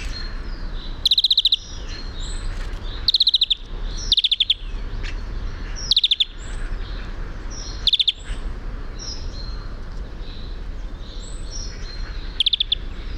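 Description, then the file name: European greenfinch giving quick trilled bursts of hard, clipped notes, six series spaced irregularly one to four and a half seconds apart, over soft background chirping. "Chloris chloris"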